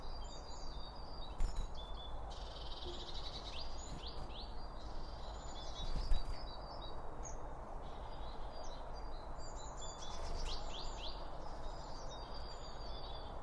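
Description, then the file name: Birds chirp and twitter in high, clipped notes while a few short noisy bursts break in, all over a steady low rumble. Birds around a bird feeder, recorded with two Line Audio OM 1 microphones. "Birds Around Birdfeeding With Two Om 1 From Line Audio"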